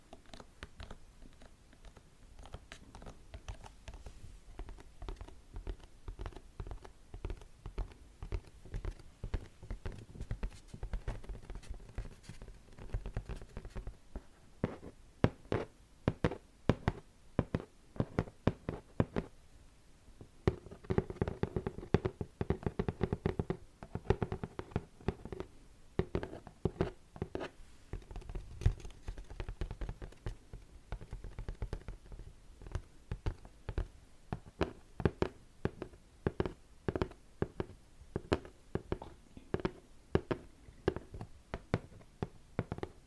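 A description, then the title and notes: Tapping runs throughout as many short, sharp knocks, sometimes in quick irregular bursts and sometimes sparser. The hits grow denser and louder from about fifteen seconds on, with a low thumping underneath around twenty to thirty seconds. A faint hiss sits between the taps. Tapping. In dieser Folge tippe ich für pure Entspannung, auf verschiedenen Gegenständen.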